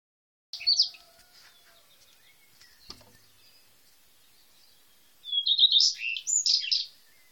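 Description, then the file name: Eurasian skylark song, a brief high chirping burst at the start, a quiet gap with a single click, then a longer buzzy warbled phrase. "allodola"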